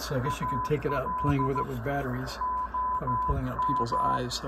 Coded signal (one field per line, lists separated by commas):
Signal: Morse code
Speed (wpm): 15 wpm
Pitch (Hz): 1010 Hz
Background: speech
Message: AL OM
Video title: Another $102 Radio from eBay - but it’s pretty cool